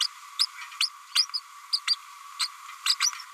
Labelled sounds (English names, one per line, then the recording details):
Green-rumped Parrotlet babbling
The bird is a female
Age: 31 days
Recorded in a nest box in Venezuela
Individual 17B102A5